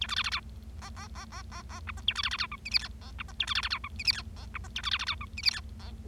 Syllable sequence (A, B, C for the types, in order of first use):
A B C C D E E E E E E F G A B C C D H I J K E F G A B C C D H I J K E F G A B C C D H I J K E